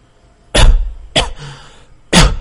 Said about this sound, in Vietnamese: Nhìn kỹ y từ đầu tới chân mấy lượt, ánh mắt nàng càng kỳ dị mà dè dặt, sau đó ho vài tiếng.